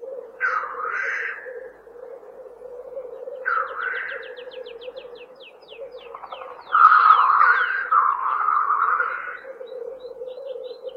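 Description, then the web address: Black grouse display with steady bubbling rookooing underneath and hoarse hisses at about half a second, three and a half and seven seconds; a thin, rapid ticking series is also heard. "тетерев"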